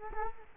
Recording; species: mosquito wingbeat signal from an infrared sensor; Culex quinquefasciatus